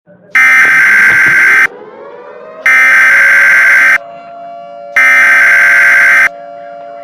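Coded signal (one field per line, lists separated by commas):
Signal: Emergency Alert System (SAME) tones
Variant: header bursts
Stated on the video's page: Simulated Halloween-themed EAS mock alert, set in a Walmart in Shiawassee County, Michigan.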